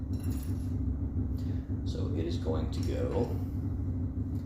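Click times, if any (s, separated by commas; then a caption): none. Someone talks over a steady low hum while holding a primer feeding tube, with a tapered end and a closed end, tapered end down and lining it up with its seat in the primer system of a Hornady Lock-N-Load reloading press. Faint light clinks come from the handling, and the tube has not clicked into place yet.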